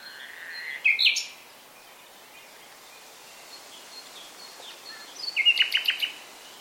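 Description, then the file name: Common nightingale song in two brief bursts: a loud whistled phrase, a quiet gap, then a rapid rattling trill. "Luscinia megarhynchos"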